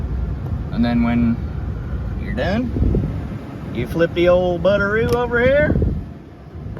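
On a 1998 Toyota 4Runner, a pickup-based SUV fitted with a swapped J-shifter 4WD transfer case, a control is flipped after the swap to shift the transfer case mechanism back into two-wheel drive. Someone talks over a steady low rumble, and a short sharp burst lands at the very end, around 6.8 s. The part has not seated or clicked into two-wheel drive yet.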